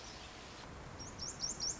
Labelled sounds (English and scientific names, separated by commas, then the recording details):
Lazuli Bunting (Passerina amoena)
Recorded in Sonoma County, California